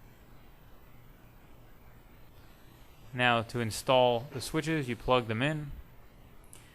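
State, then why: Seated. On a MK4 Jetta's driver's front door panel, being reassembled after a door latch replacement, the window/lock switch wiring connector is plugged into the switch. Someone talks from about 3.1 to 5.8 seconds. One short, sharp click at 6.5 seconds marks the connector seating.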